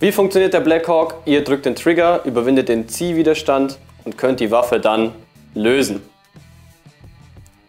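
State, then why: Seated. Someone talks over background music while an airsoft pistol is pushed back into a Blackhawk Serpa polymer retention holster without pressing anything. The retention catches with a sharp click at 7.5 s, and the pistol sits firmly seated.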